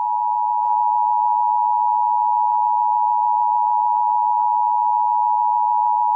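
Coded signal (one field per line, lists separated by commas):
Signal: Emergency Alert System (SAME) tones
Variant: 853 and 960 Hz attention tone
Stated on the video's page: Fictional EAS scenario, not a real alert.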